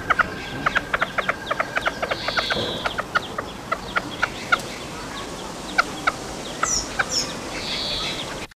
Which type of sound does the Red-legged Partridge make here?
call